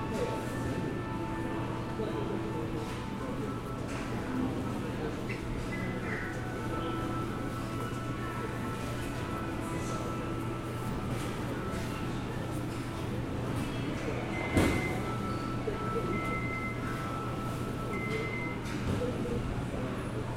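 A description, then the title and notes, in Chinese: Songshan Airport: a steady, dense hum of machinery with a low drone and faint murmuring voices throughout. Brief beeping tones repeat around 14 to 19 seconds, and a sharp knock or thud stands out near 14.5 seconds. 松山機場。記得當時散步累了,就在機場大廳隨意的找個地方坐著休息。看著熙來人往,搭配登機廣播。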